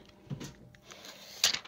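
During an iPhone XR LCD replacement, the LCD display's flex connector is pressed onto its socket on the phone's logic board. After a few faint taps and rustles, a sharp, bright click sounds at 1.4 s, followed by a couple of smaller ticks. The display flex connector clicks in and is seated.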